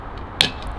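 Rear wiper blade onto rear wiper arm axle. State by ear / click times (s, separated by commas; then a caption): seated / 0.4 s. A rear wiper blade on a BMW iX3 is located on the small axle of the rear wiper arm and pushed back in with some force. A single sharp, bright click is heard at 0.4 s, and the blade is then seated in position.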